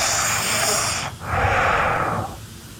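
One full breath cycle of loud, airy, hissing breathing through the nose with the mouth closed, from a sleeping adult, with a brief pause between the in and out phases. It has a hollow, echoey, Darth Vader-like quality, almost like a vacuum cleaner or CPAP machine. This is heavy nasal breathing during sleep, not snoring.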